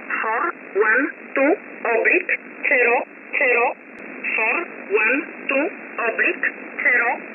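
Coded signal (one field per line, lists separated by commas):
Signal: numbers station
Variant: E11 Oblique, English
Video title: 10 05 2021 Number station E11 Oblique in English to Eu 0450 on 7469 unknown tx site in USB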